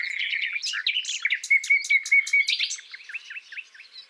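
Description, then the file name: Common nightingale song opening with a chattery phrase, then a clear run of repeated whistled notes followed by dipping, slurred calls that fade. "Luscinia megarhynchos"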